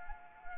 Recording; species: mosquito wingbeat signal from an infrared sensor; Anopheles arabiensis